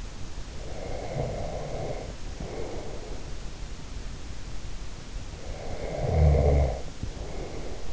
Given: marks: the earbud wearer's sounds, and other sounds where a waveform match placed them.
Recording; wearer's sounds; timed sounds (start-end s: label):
sounds in sleep by an in-ear microphone; snoring breath
0.47-3.21 s: snoring breath
5.54-7.93 s: snoring breath